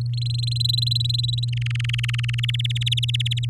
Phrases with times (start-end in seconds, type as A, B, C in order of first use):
0.13-0.49 A, 0.51-1.50 B, 1.52-2.45 C, 2.48-3.45 D